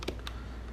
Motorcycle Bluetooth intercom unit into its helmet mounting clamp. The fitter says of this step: and it snaps right into place,